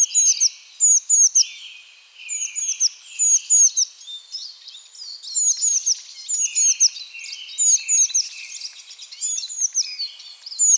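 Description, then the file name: Eurasian blue tit calling with rapid clusters of sharp, high downslurred notes, repeated throughout. "Cyanistes caeruleus"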